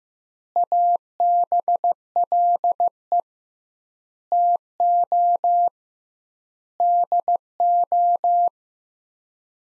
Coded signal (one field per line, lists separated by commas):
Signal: Morse code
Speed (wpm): 15 wpm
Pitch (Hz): 700 Hz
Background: none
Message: ABLE TO DO